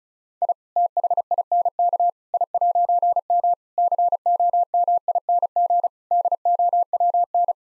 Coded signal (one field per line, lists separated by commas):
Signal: Morse code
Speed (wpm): 36 wpm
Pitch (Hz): 700 Hz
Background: none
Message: I THINK I'M COMING DOWN